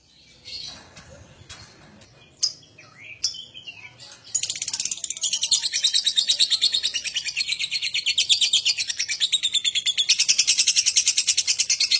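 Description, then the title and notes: Lovebird song: scattered squeaks and clicks at first, then a sustained rapid buzzy chatter of high notes for the rest. Adult lovebird singing vigorously, called gacor, with owor-style song. "#5. LOVEBIRD GACOR OWOR OWOR. Lovebird Dewasa"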